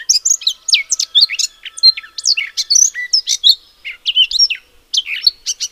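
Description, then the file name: Eurasian blackcap song, a lively chain of varied whistled and chirping notes with short gaps, loud and clear against a quiet background. "Sylvia atricapilla"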